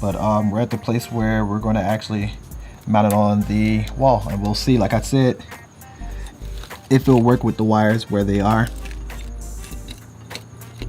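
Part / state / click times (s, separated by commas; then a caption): video doorbell onto its wall mounting plate / seated / 10.4 s. A person talks over background music while a Nest Hello plastic video doorbell body is pushed onto its wall-mounted base plate. Several short taps and clicks follow the speech. The doorbell clicks into place on the mount at about 10.4 s, and it is seated.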